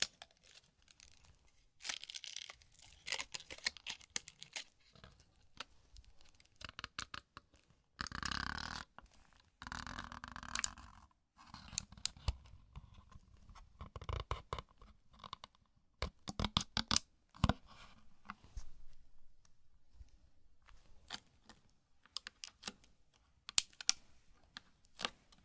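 Irregular tapping and crinkling from a zen garden: quick, bright clicks and taps in scattered bursts throughout, with brief sandy brushing swishes, the longest around 8 and 10 seconds. Quiet gaps separate clusters of sharp, crisp ticks, with no steady background sound.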